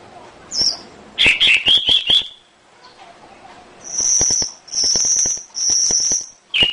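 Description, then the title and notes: Canary song in fragments: a quick burst of sweet chirps, a pause, then three high, steady whistled tones separated by short gaps, ending on another chirp. Masteran training song played to caged canaries to spur them into singing more wildly. "SUARA MASTERAN KENARI. masteran kicau kenari"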